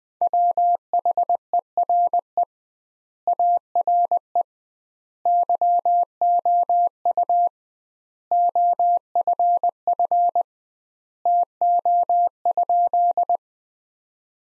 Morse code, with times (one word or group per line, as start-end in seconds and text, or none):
0.2-2.4 WHERE
3.3-4.4 ARE
5.3-7.5 YOU
8.3-10.4 OFF
11.3-13.4 TO?